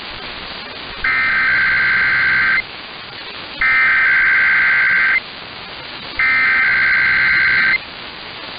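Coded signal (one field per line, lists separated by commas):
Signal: Emergency Alert System (SAME) tones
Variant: header bursts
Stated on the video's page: Weekend required tests.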